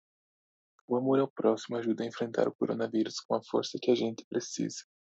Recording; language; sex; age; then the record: spoken sentence; Brazilian Portuguese; male; 20 to 29 years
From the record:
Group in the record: control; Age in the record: 22 years